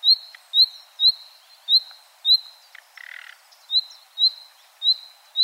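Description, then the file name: Common nightingale calls: loud rising whistles repeated about twice a second, interrupted once by a short rattling croak. "Luscinia megarhynchos"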